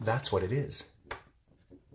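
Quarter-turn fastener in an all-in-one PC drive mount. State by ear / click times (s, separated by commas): released / 1.1 s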